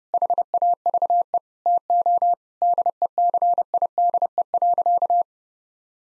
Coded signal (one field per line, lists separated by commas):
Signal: Morse code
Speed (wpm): 30 wpm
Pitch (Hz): 700 Hz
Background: none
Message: HAVE TO DECIDE.